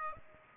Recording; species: mosquito wingbeat signal from an infrared sensor; Aedes aegypti